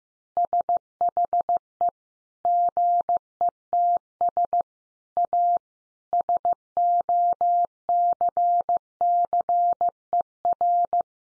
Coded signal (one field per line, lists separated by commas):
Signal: Morse code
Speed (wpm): 15 wpm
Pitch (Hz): 700 Hz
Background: none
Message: SHE GETS A SOCCER